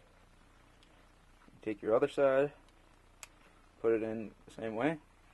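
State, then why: Not seated. A 3.5 inch hard drive fitted with tool-less, screwless side mounts is handled while being prepared to slide into a drive bay of an Apevia X-Plorer2 computer case, while someone talks. Faint handling ticks are heard, with a sharper tick at 3.2 s, but nothing has seated or clicked yet.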